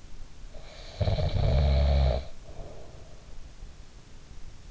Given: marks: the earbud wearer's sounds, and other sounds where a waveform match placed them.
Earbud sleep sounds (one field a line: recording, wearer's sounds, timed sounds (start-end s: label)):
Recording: sounds in sleep by an in-ear microphone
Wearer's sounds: snoring breath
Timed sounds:
0.55-3.38 s: snoring breath